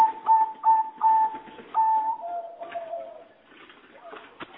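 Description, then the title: Java sparrow singing a few clicked, even whistled notes that slide slightly lower and fade into soft scratchy sounds near the end. "kicau gelatik"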